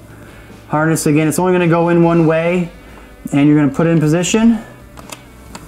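Someone talks while lining up a plastic wiring harness connector on a new KitchenAid dishwasher dispenser assembly to fix a dispenser door that won't close, followed by a few faint handling ticks around 5.0, 5.1 and 5.6 seconds. The connector has not seated or clicked in yet.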